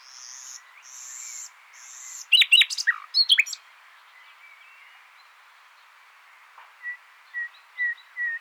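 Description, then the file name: Common nightingale: soft buzzy notes, then loud clicking rattles and squeezed phrases, followed by quiet, spaced whistles near the end. "Luscinia megarhynchos"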